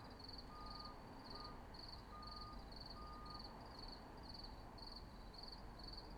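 Cricket chirping, short pulsed trills repeated at a steady high pitch, with a low rumbling background and a faint thin tone now and then.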